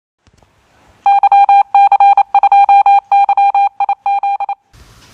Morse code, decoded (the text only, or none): YC2YIZ